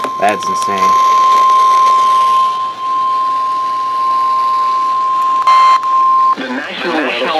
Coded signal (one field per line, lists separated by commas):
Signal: Emergency Alert System (SAME) tones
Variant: 1050 Hz attention tone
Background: speech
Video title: Storms to the Western Skies | Severe Weather EAS Alerts from July 1st, 2025 (EAS #2,039-2,066)